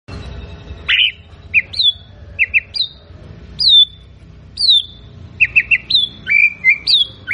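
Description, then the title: White-rumped shama song of clear whistles sliding downward, mixed with quick doubled and tripled chirps and a short warble, delivered in uneven bursts. Lure recording of a bird singing continuously, used to provoke a quick response from other shamas. "PANCINGAN MURAI BATU GACOR, SEKALI DENGAR LANGSUNG RESPON"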